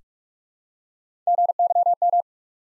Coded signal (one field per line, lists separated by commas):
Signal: Morse code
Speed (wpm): 44 wpm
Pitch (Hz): 700 Hz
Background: none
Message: GYM